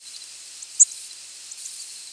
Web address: warblers nawa